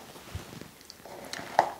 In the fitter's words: You hear that click? That's it.